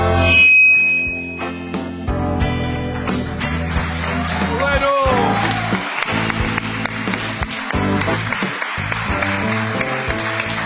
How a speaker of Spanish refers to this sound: Estos aplausos son proferidos desde el auditorio de Radio del Plata, al cual cariñosamente Dolino llama el galpón.